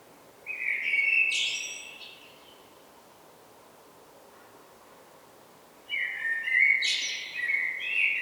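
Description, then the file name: Common blackbird song, two separate phrases of fluty whistles topped by high twittering, with a pause of a few seconds between them. "Turdus merula"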